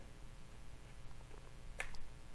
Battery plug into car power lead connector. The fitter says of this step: kind of snap into place